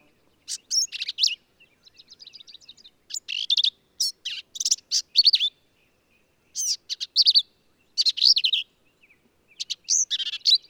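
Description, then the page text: Black-capped Vireo singing busily, running jumbled phrases together: sharp chips, rapid dry rattles and buzzy slurred notes, with only brief gaps. Endangered per U.S. Fish and Wildlife Service; sings phrases alone, truncated, embellished or run together, lively and emphatic; same individual, Kerr Wildlife Management Area, Hunt, Texas hill country. "Birdsong for the Curious Naturalist. Black-capped vireo"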